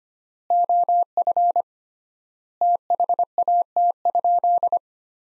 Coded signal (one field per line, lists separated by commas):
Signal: Morse code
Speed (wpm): 25 wpm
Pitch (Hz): 700 Hz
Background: none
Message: OF THAT?